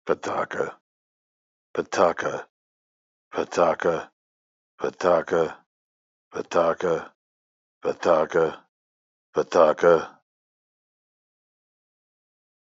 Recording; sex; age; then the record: repeated syllables /pa ta ka/; male; 40 to 49 years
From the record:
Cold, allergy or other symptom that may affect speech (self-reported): no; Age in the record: 44 years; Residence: Texas, United States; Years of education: 12